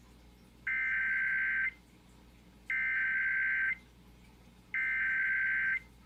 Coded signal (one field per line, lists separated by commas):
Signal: Emergency Alert System (SAME) tones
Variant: header bursts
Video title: Riverside San Bernardino Required Monthly Test EAS #494 499